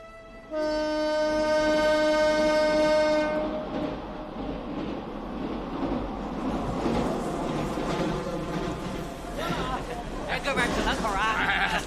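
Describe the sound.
In the hot summer of 2003, a passenger train returning from Beijing sounds a long, steady horn blast for about three seconds, followed by the continuous rumble and clatter of the train rolling along the rails, with indistinct voices mixed in.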